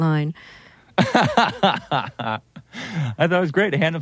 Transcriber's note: laughs